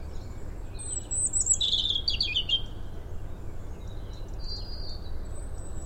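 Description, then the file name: European robin song: a high, jumbled phrase of sweet notes and short trills, followed by faint thin whistles, with constant low background hiss. "Erithacus rubecula"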